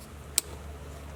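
A plastic retaining clip, taken off the old rear window lift motor's electrical connector on a 2003–2008 Honda Pilot, is pushed onto the new window regulator motor's connector. A single sharp, bright snap at 0.4 s rises above a steady low hum, showing the clip popping into place and seating.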